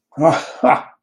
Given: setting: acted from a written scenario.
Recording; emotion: vocal sound without words; amusement